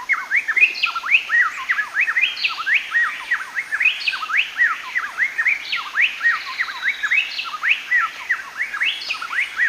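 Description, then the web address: Plain-tailed wrens singing a dense, loud chorus of interlocking whistled notes, quick rising and falling slurs tumbling over each other without pause. Recorded in Ecuador. "Birds of Ecuador. Plain-tailed Wren"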